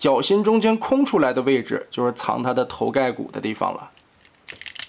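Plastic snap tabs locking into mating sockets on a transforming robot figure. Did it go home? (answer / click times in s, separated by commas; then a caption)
yes / 4.5 s. Someone talks for about four seconds while handling an FT-58 transforming robot figure made of plastic and alloy. The leg assembly is flipped over and its plastic snap tabs are closed into their mating sockets, giving a sharp click at 4.5 s followed by smaller clicks up to about 4.9 s. The pieces lock together in place.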